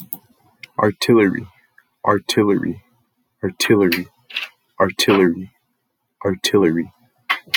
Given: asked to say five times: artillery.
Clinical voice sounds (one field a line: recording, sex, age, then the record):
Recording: repeated word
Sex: male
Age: 30 to 39 years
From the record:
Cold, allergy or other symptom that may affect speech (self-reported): no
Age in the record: 32 years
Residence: New Mexico, United States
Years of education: 13